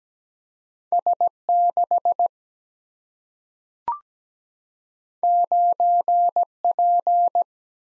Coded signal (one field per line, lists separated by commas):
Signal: Morse code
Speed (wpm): 17 wpm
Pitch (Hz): 700 Hz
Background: none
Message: S 6 9 P